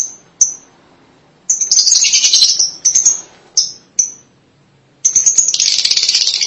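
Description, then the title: Lovebird producing sharp high-pitched squeaks and rasping chattered bursts, ending in a sustained shrill chatter. "Suara Burung Lovebird"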